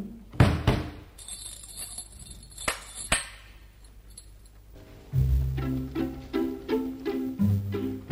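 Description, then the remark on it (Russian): A library door shuts with a couple of solid thuds, followed by a high metallic jangle and a sharp click as it is locked, before music starts playing. “Катюша, закрывайте библиотеку. А какой странный мальчик. Закрывайте дверь”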